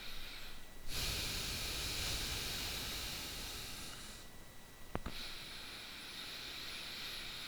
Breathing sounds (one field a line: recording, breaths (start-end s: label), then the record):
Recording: nose breathing near a microphone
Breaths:
0.00-0.55 s: inhalation
0.55-4.84 s: exhalation
4.84-7.48 s: inhalation
From the record:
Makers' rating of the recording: bad